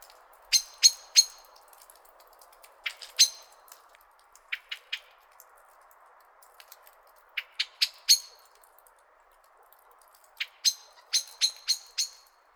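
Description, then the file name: Common blackbird repeated sharp, ringing chink notes in irregular bursts of a few notes, with short gaps between bursts. "Turdus merula"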